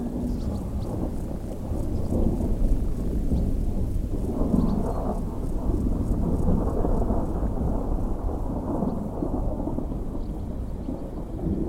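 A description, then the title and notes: A thunderstorm rumbles on without a break, a deep low roll that swells after the second second and stays heavy through the end. Soft rain patters over it as a steady hiss, and faint high chirps flicker lightly at the top. There is a thunderstorm outside, soft rain, birds and crickets. The source recording is the thunderstorm - outside, nearly unchanged by me.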